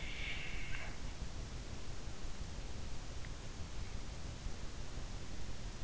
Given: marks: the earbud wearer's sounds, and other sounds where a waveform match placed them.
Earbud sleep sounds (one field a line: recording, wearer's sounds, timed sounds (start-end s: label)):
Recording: sounds in sleep by an in-ear microphone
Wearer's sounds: snoring breath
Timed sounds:
0.15-1.13 s: snoring breath